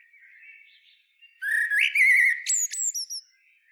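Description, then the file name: Common blackbird giving one short phrase: a soft fluty warble, then a louder wavering whistle ending in thin, high rising squeaks. "Turdus merula"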